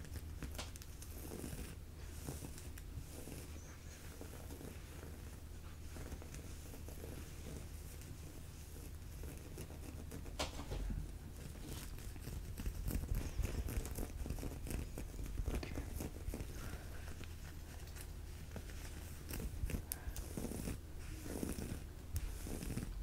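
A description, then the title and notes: Fabric scratching and rubbing runs the full length, with quick rough strokes that come in irregular bursts. A low steady hum sits underneath throughout. The scratches grow louder and denser after about ten seconds, with sharper strokes near 11 and 21 seconds. ASMR Fabric Scratching (SHEIN Clothing Try-On Haul).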